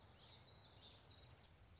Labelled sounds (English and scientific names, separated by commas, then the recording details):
Common Yellowthroat (Geothlypis trichas)
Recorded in Sonoma County, California